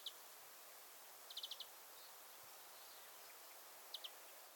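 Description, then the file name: European greenfinch giving quick high chip series, one single note, then a run of four or five fast notes, then a pair of notes, over steady background noise. "Chloris chloris"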